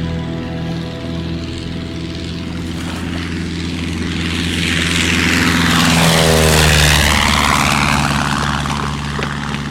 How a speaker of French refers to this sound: C'est par l'avion pour l'Amérique du Sud qui s'en va là-bas, n'est-ce pas? Si, c'est lui.